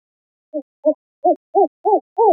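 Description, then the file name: Spectacled owl hooting call: six low, hollow hoots in a quick series, growing louder and slightly longer toward the end. No other sounds. Costa Rica. "CR SPOW"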